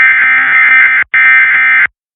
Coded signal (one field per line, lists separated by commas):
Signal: Emergency Alert System (SAME) tones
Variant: end-of-message bursts